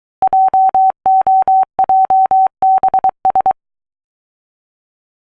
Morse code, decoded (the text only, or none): JOJBS